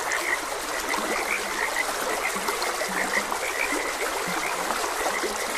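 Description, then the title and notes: Frogs calling, quick high croaks in clusters plus several low, drawn croaks, over constant babbling stream water. Frogs croaking beside a gentle stream. "Gentle Stream and Frogs Croaking. Sleep and Relaxation Podcast"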